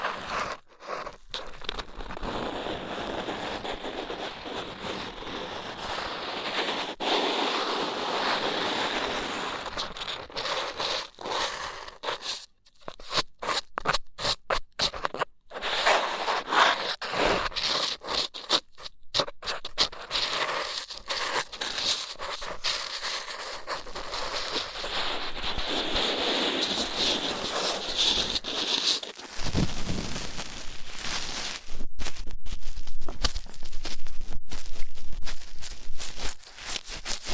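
Rough ear cleaning makes a dense, rushing scratch and scrape that fills the whole 37 seconds. The rubbing swells and fades in uneven strokes, broken by brief silent gaps around 12–19 seconds, and turns brighter and harsher after about 30 seconds.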